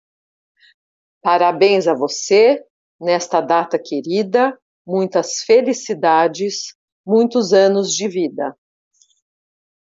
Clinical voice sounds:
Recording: short text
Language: Brazilian Portuguese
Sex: female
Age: 50 to 59 years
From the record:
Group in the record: control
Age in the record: 53 years

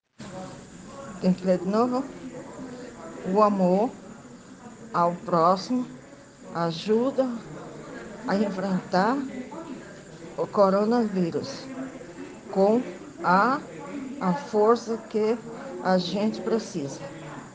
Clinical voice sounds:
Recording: spoken sentence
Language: Brazilian Portuguese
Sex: female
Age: 50 to 59 years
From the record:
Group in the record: respiratory insufficiency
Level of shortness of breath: 5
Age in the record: 55 years

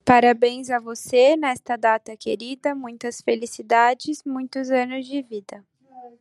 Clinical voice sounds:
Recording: short text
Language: Brazilian Portuguese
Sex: female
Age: 30 to 39 years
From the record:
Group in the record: control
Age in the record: 30 years

